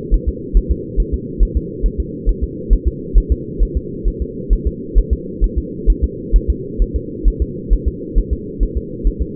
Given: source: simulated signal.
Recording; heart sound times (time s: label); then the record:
fetal heart sounds
0.14 s: S1
0.29 s: S2
0.57 s: S1
0.72 s: S2
1.00 s: S1
1.14 s: S2
1.43 s: S1
1.57 s: S2
1.86 s: S1
2.00 s: S2
2.29 s: S1
2.44 s: S2
2.73 s: S1
2.88 s: S2
3.18 s: S1
3.32 s: S2
3.63 s: S1
3.77 s: S2
4.08 s: S1
4.22 s: S2
4.53 s: S1
4.67 s: S2
4.98 s: S1
5.13 s: S2
5.44 s: S1
5.58 s: S2
5.90 s: S1
6.04 s: S2
6.36 s: S1
6.50 s: S2
6.82 s: S1
6.96 s: S2
7.28 s: S1
7.42 s: S2
7.73 s: S1
7.88 s: S2
8.19 s: S1
8.33 s: S2
8.63 s: S1
8.77 s: S2
9.07 s: S1
9.22 s: S2
From the record:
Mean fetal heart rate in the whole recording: 135 bpm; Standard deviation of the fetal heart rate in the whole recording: 3 bpm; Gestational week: 36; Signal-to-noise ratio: -4.1 dB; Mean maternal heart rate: no maternal heart sound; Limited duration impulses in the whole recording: absent